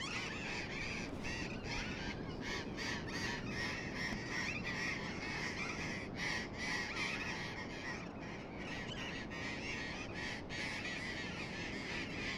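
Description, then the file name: Burrowing parrots calling as a flock, rasping screeches tumbling over each other in quick irregular bursts, with a constant low rumble beneath. "tomas miguel - loros barranqueros"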